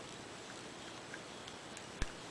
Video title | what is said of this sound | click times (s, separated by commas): Leakdroid - Sprint HTC Hero Review - Part 1 | You can hear the little click, and it's in. | 2.0 s